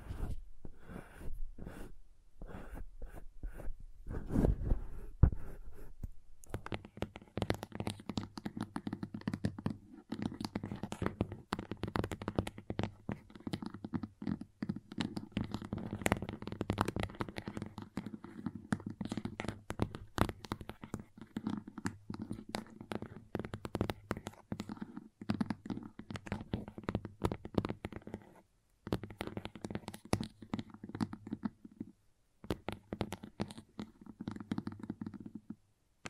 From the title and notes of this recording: ASMR Sleepy Crayons Tapping, Carving, Cutting, Drawing Sounds (No Talking).